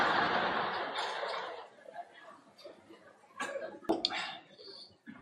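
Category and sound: human body sound, coughing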